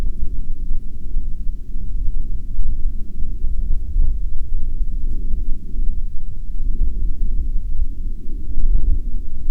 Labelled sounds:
aircraft
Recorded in the Arctic National Wildlife Refuge, Alaska, on 14 May 2019 at 20:27
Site 33

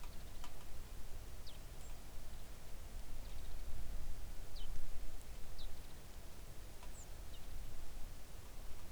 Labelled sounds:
songbird
rain
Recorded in the Arctic National Wildlife Refuge, Alaska, on 3 August 2019 at 06:01
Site 41

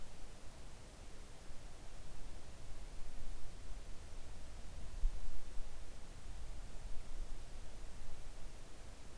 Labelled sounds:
near silence
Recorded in the Arctic National Wildlife Refuge, Alaska, on 3 August 2019 at 05:05
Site 41

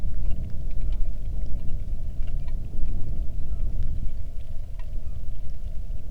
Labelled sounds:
bird
wind
rain
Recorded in the Arctic National Wildlife Refuge, Alaska, on 3 August 2019 at 09:58
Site 46

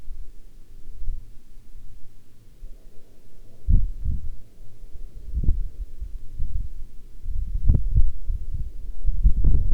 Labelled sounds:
wind
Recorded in the Arctic National Wildlife Refuge, Alaska, on 9 August 2019 at 11:02
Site 40

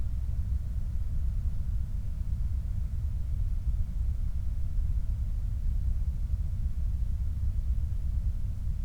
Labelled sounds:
machinery
flare stack
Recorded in the Prudhoe Bay oil fields, Alaska, on 29 July 2019 at 03:58
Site 25

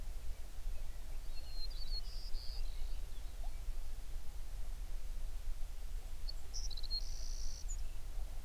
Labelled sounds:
songbird
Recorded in the Prudhoe Bay oil fields, Alaska, on 11 June 2019 at 05:27
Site 21

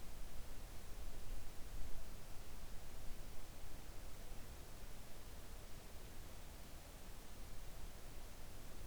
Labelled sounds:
near silence
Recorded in the Arctic National Wildlife Refuge, Alaska, on 3 August 2019 at 05:06
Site 41

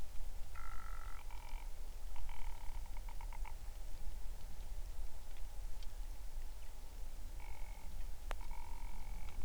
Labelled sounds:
grouse or ptarmigan
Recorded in the Arctic National Wildlife Refuge, Alaska, on 20 July 2019 at 03:31
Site 38

